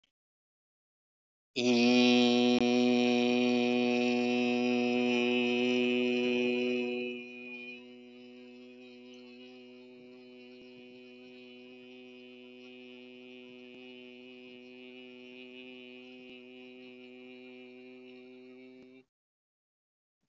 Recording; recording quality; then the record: sustained vowel as in beet; excellent, no background noise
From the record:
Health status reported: respiratory illness, not identified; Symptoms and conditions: asthma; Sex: male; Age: 55 years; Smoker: not ticked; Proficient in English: yes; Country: India